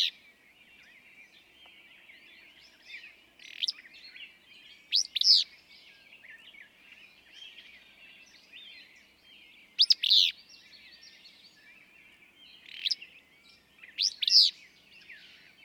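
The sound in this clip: Willow flycatcher singing a burry, sneezy two-part phrase several times, over a steady background of high chirping from other birds.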